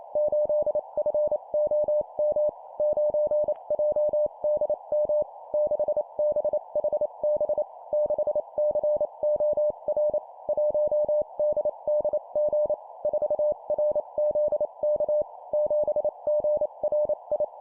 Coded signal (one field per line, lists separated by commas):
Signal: Morse code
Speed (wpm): 28 wpm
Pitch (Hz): 600 Hz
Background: none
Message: 8FOM 9JDM 6BHB 6COR 1DDG 4RZK 7GRI